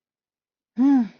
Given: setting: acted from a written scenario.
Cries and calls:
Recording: vocal sound without words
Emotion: awe

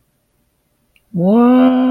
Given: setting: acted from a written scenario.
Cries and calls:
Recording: vocal sound without words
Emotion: disappointment

